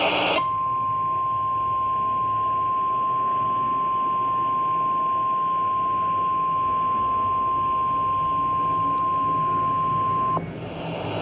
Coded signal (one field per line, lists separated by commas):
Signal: Emergency Alert System (SAME) tones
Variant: 1050 Hz attention tone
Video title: Cartoon Network. [June 18 2022] [Remake] [With the real Emergency Alert System]